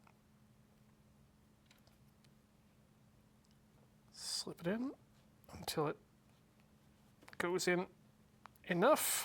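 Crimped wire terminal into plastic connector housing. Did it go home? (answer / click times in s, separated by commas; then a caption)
no / none. A crimped wire terminal is slipped toward the end position of a plastic connector housing, lined up before being pushed home, with only quiet handling sounds. Someone talks in short bursts over a low steady hum. The terminal has not clicked into place yet.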